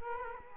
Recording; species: mosquito wingbeat signal from an infrared sensor; Culex quinquefasciatus